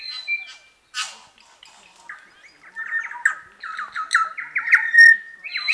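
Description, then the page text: New Zealand bellbird calling: a thin high whistle, a burst of scratchy noise, then a run of harsh, buzzy, stepped notes building in strength and ending in a clear piping tone. "Chris Benesh - Медосос-колокольчик, или Макомако (Anthornis melanura)"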